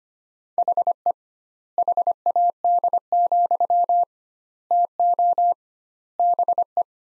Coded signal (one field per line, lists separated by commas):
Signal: Morse code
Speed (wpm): 25 wpm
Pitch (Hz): 700 Hz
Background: none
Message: HE HAD, TO BE